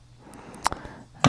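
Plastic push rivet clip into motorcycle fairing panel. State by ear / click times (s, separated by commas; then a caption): seated / 1.2 s. During an oil change on a 2016 Yamaha R1, a plastic push rivet clip is wiggled into the hole in the motorcycle fairing panel and its centre pin is pushed in. Faint ticks at 0.3 and 0.5 s and two sharper clicks at 0.7 s come before a loud, solid snap at 1.3 s as the rivet seats firmly in the panel.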